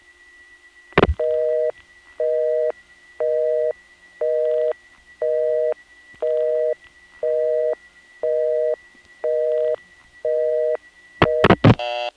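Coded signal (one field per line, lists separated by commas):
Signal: telephone call progress tone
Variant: North America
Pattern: busy tone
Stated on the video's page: Tones from replacement of City and Interzone tandem switches, November 1975.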